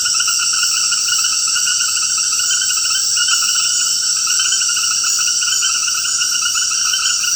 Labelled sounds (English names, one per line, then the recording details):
none
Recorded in dense forest near Puerto Asís, Putumayo, Colombia, on 20 February 2024 at 21:00
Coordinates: 0.472, -76.329
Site G6394